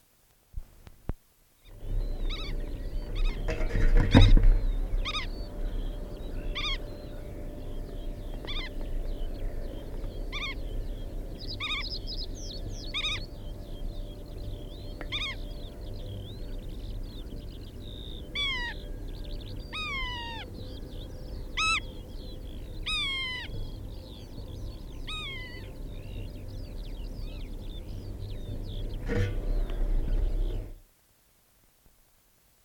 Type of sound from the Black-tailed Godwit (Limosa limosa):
call